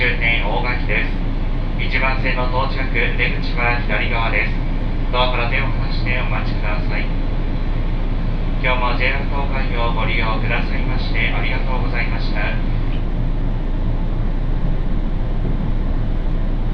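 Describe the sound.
A ride on the Tokaido Main Line, with a steady low rumble of the train running underneath throughout. Voices speak in bursts during the first twelve seconds, pausing around seven to eight seconds, then fall away, leaving only the constant rolling drone.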